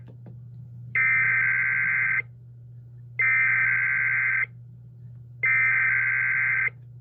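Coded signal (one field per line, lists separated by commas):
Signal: Emergency Alert System (SAME) tones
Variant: header bursts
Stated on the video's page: Weekly tests on the Emergency Alert System.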